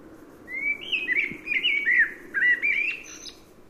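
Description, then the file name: Common blackbird song: a rich run of fluted, warbling whistles in short connected phrases, rising and falling around a mid pitch, with gaps between bursts. "Turdus merula"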